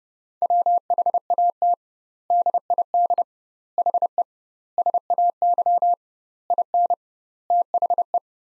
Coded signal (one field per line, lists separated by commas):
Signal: Morse code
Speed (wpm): 30 wpm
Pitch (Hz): 700 Hz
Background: none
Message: WHAT DID HE SAY IN THE